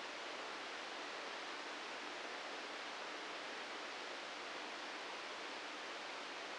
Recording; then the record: brain microelectrode recording played as sound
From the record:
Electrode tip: outside the subthalamic nucleus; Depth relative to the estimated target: 2 mm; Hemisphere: right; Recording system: NeuroSet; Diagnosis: Parkinson's disease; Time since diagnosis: 9 years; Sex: male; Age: 61 years